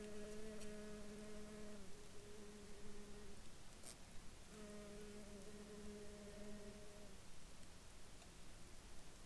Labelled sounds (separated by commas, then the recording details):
rain, insects
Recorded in Ivvavik National Park, Yukon, on 5 July 2019 at 23:05
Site SINP09